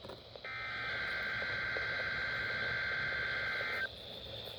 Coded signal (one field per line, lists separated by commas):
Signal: Emergency Alert System (SAME) tones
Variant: header bursts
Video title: Week of 2026-04-05 EAS 772-782